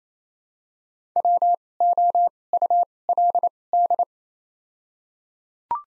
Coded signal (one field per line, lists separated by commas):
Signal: Morse code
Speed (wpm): 28 wpm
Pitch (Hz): 700 Hz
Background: none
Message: W O U L D